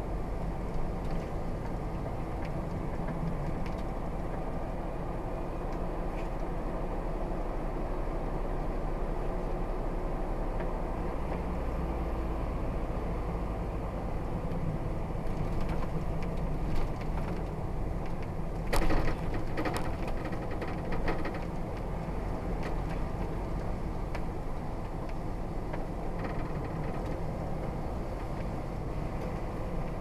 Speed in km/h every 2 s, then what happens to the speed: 47, 52, 53, 53, 52, 45, 42, 35, 32, 35, 39, 40, 44, 42, 37.
0-3 speeds up to 53. 7-15 slows to 32. 15-24 speeds up to 44. 24-30 slows to 37.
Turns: none.